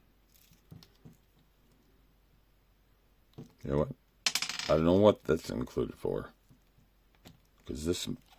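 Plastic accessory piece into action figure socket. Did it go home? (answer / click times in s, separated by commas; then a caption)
no / none. A plastic accessory piece is handled near a socket on a plastic action figure, making a few light taps and clicks in the first second and again near 3.3 s and 7.2 s while someone talks. The accessory has not seated or clicked into the socket yet.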